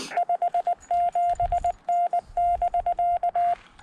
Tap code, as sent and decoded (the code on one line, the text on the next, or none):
none